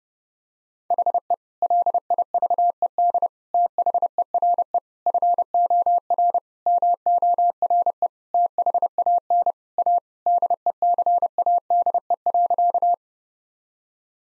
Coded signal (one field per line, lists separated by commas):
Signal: Morse code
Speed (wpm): 32 wpm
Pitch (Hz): 700 Hz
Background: none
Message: HE LIVED THERE FOR MORE THAN A DECADE.